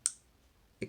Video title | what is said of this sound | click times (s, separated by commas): Böker Rangebuster Maroon lockback pocket knife - hands on review | it clicks in place then it's nice and locked so that's a real advantage | 0.1 s